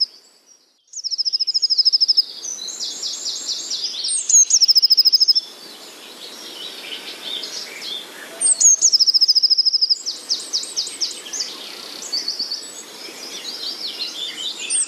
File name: blue tit